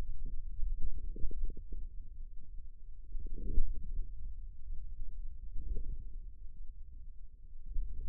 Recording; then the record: forearm muscle sounds (acoustic myography)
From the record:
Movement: hand closing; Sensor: system 2, bracelet of six BSWA MPA416 microphones around the upper forearm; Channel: 2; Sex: male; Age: 22 years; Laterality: right